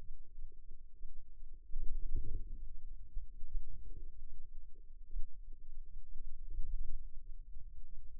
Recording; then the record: forearm muscle sounds (acoustic myography)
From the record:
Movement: wrist flexion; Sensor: system 2, bracelet of six BSWA MPA416 microphones around the upper forearm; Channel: 5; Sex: female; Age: 22 years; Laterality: right